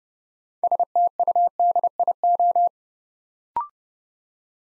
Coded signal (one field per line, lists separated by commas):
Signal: Morse code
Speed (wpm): 30 wpm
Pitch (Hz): 700 Hz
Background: none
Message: STUDIO